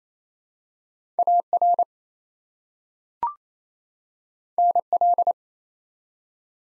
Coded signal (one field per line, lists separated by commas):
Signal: Morse code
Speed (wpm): 28 wpm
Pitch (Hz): 700 Hz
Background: none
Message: AR NL